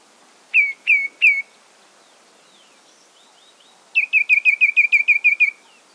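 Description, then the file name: Ashy tit gives three separate downslurred notes, a pause with faint twittering, then a rapid run of many similar notes. "Golosa ptic - Pepelnaya sinica Melaniparus cinerascens"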